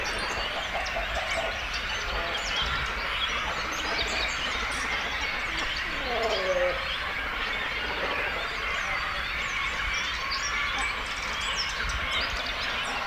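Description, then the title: Many cormorants croaking and chattering in a colony, with one louder descending gurgling call partway through above the steady chorus. Breeding colony of cormorants with chicks, at Zemitz, Germany. "Zemitz, Deutschland - Kormorane brüten (mit Jungvögeln). breeding cormorants (with children)"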